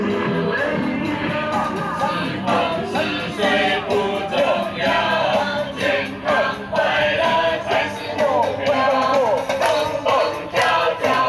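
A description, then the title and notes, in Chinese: A park soundscape filled with a steady, dense murmur of many overlapping voices, with brief clearer phrases rising out of the mix every second or so. A low rumble runs underneath, and the overall level stays fairly even throughout. 青年公園聲景2020。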